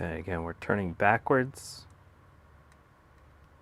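A screw going into a Macintosh SE/30 chassis is turned backwards to find the start of its thread before being driven forward. Someone talks briefly, followed by quiet background hiss and a faint tick near 2.7 s. No click has marked the thread dropping in yet.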